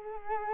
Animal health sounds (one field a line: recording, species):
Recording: mosquito wingbeat signal from an infrared sensor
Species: Culex quinquefasciatus